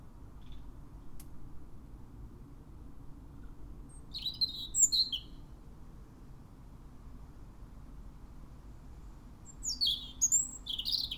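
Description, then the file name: European robin singing two separate phrases of sweet, high, tumbling notes with a long quiet gap between them, a low constant rumble underneath. "Erithacus rubecula"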